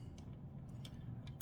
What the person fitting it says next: So this one's stripped out.